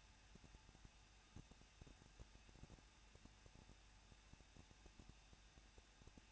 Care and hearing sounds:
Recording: daily activity, microphone in the room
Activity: no activity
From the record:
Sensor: 2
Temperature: 21.0 degrees Celsius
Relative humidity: 37.4%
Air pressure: 1006.2 hPa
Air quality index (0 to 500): 222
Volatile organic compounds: 24 ppm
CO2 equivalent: 2809 ppm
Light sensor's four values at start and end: 2/3/2/2 and 2/3/2/2

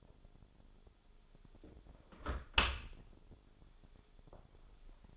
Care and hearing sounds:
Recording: daily activity, microphone in the room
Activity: close dishwasher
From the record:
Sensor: 5

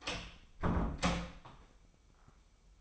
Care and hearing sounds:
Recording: daily activity, microphone in the room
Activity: close door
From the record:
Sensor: 1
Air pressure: 996.1 hPa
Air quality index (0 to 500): 55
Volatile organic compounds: 2 ppm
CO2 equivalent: 1296 ppm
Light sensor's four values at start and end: 14/32/14/15 and 14/32/14/15

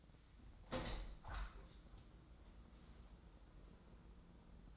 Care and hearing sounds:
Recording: daily activity, microphone in the room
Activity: open window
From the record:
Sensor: 3

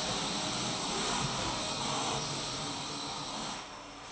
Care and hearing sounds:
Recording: daily activity, microphone in the room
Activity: vacuum cleaning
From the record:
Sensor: 1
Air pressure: 1002.0 hPa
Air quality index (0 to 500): 242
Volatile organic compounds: 47 ppm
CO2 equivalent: 3255 ppm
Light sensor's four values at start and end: 8/28/10/11 and 8/28/10/11

